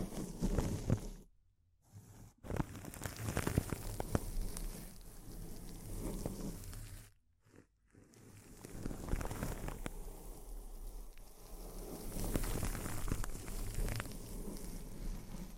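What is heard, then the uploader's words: Intense crinkling sounds up close, a dense, restless crackle that spreads from low rustle to bright, sharp snaps. The texture shifts constantly, with sudden louder crunches. It stops briefly twice, near the second second and again around seven to eight seconds. ASMR Intense Close-Up Crinkles (No Talking).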